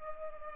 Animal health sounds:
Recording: mosquito wingbeat signal from an infrared sensor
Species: Culex pipiens

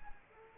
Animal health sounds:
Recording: mosquito wingbeat signal from an infrared sensor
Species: Culex quinquefasciatus

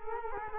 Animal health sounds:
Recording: mosquito wingbeat signal from an infrared sensor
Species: Culex quinquefasciatus

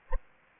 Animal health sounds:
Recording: mosquito wingbeat signal from an infrared sensor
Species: Anopheles gambiae

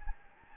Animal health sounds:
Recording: mosquito wingbeat signal from an infrared sensor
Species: Anopheles gambiae

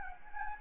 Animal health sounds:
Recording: mosquito wingbeat signal from an infrared sensor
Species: Anopheles gambiae

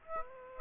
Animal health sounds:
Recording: mosquito wingbeat signal from an infrared sensor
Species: Aedes aegypti

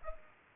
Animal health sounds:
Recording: mosquito wingbeat signal from an infrared sensor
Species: Culex pipiens

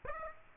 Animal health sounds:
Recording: mosquito wingbeat signal from an infrared sensor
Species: Aedes aegypti

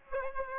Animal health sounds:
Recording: mosquito wingbeat signal from an infrared sensor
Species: Aedes aegypti

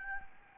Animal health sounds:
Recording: mosquito wingbeat signal from an infrared sensor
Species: Anopheles gambiae

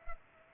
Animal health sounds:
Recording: mosquito wingbeat signal from an infrared sensor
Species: Culex pipiens

